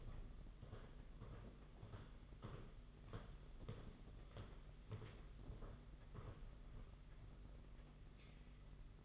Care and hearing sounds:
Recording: daily activity, microphone in the room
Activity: walk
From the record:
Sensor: 4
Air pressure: 992.4 hPa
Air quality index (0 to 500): 138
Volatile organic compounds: 63 ppm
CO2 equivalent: 3448 ppm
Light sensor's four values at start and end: 20/72/26/28 and 20/72/26/27

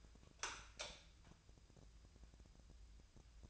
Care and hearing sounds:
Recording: daily activity, microphone in the room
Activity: light on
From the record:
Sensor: 2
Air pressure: 999.9 hPa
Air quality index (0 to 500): 118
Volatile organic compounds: 2 ppm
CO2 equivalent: 1019 ppm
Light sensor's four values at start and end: 37/94/40/46 and 42/111/47/52

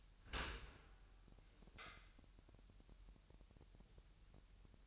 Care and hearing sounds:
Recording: daily activity, microphone in the room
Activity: open dishwasher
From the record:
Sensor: 2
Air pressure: 998.2 hPa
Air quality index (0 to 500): 146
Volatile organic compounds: 4 ppm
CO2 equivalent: 1658 ppm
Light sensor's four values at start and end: 10/31/12/12 and 10/31/12/12

